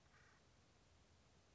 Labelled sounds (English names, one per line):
Acorn Woodpecker